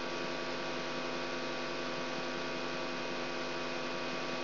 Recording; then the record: brain microelectrode recording played as sound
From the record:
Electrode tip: outside the subthalamic nucleus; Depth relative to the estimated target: 1 mm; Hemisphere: left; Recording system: AlphaMap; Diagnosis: Parkinson's disease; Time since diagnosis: 16 years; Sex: male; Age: 67 years